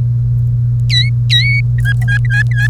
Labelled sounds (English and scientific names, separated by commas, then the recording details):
Domestic Canary (Serinus canaria) song
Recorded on 1 May 2018 at 08:59
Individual llb3